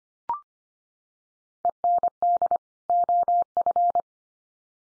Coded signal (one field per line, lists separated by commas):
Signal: Morse code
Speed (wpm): 25 wpm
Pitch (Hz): 700 Hz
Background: none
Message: END OF